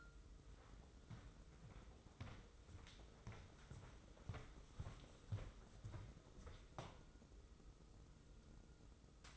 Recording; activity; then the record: daily activity, microphone in the room; walk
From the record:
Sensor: 3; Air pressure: 995.9 hPa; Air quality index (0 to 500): 249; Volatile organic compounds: 1000 ppm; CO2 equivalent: 6373 ppm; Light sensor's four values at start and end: 42/104/45/49 and 41/100/43/47